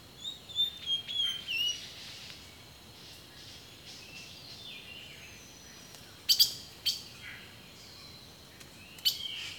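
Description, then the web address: Birds calling with quick high twittering notes and slurred whistles, then sharp clicking chips near the end, over a constant high insect drone. Rainforest birdsong. "The Natural Sounds of the Wilderness Echoes of Nature - Rainforest Birdsong"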